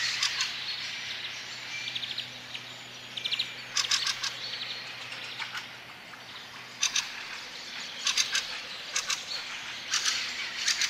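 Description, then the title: Fieldfare chatter in short harsh bursts of rattling chak notes, separated by quieter gaps. "Viikon luontoääni: Räkättirastas"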